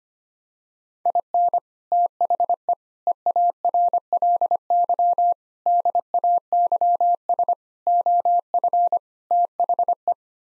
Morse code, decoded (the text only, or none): IN THE EARLY DAYS OF THE